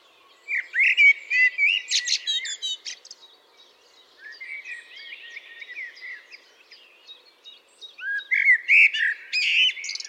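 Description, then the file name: Common blackbird singing fluted, warbling phrases with squeaky high twitters, a loud burst near the start and another near the end, with softer twittering in between. "Turdus merula"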